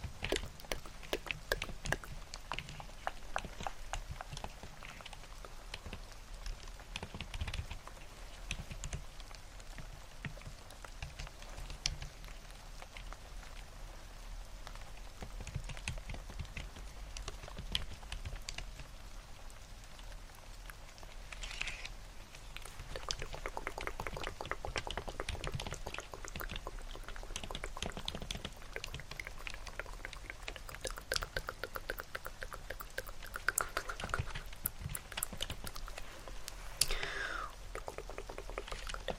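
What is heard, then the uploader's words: Layered ASMR sounds: a steady hiss of rain runs throughout, with dense, fast crackling taps and clicks. A soft low rumble sits underneath, and the tapping grows busier and sharper after about twenty seconds, with brief bright swishes near the end. ASMR Hand Movements + Layered Sounds (TkTk, Rain Sounds, Keyboard Typing).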